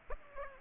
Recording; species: mosquito wingbeat signal from an infrared sensor; Aedes aegypti